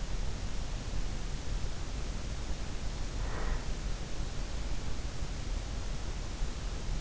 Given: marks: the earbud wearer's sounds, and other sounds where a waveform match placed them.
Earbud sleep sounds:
sounds in sleep by an in-ear microphone; breath
2.92-4.11 s: breath

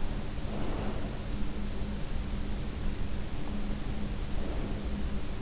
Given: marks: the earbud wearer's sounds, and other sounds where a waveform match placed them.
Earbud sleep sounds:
sounds in sleep by an in-ear microphone; breath
0.14-1.49 s: breath
4.28-5.42 s: breath

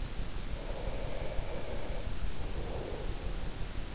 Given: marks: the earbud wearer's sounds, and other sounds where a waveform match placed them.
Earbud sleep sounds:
sounds in sleep by an in-ear microphone; breath
0.65-3.56 s: breath

